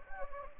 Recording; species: mosquito wingbeat signal from an infrared sensor; Anopheles gambiae